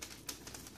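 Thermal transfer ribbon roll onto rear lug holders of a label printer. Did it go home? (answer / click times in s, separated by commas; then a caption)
no / none. The larger end of a thermal transfer ribbon roll is handled and pushed toward the rear lug holders of a TEC SA4 thermal transfer label printer, making quiet rustling and faint plastic handling noises, with a slightly brighter brush of sound near 0.3 s. The clip ends before the roll clicks into place, so nothing has seated or clicked yet.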